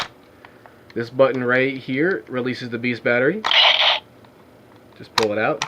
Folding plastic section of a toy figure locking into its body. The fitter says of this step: is easily just folds in pull up to click in place this